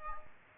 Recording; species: mosquito wingbeat signal from an infrared sensor; Aedes aegypti